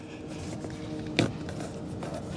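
Someone pushes the three plastic hooks on the door trim panel of a 2002–2006 Acura MDX into the metal door frame while reinstalling the panel after a rear window regulator replacement. One sharp hit comes at 1.2 s over faint background noise and a few quieter knocks. The hooks seat in the frame.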